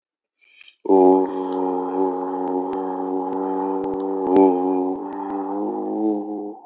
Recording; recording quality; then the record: sustained vowel as in boot; excellent, no background noise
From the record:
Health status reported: healthy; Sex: male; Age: 26 years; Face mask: not worn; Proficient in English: yes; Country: Canada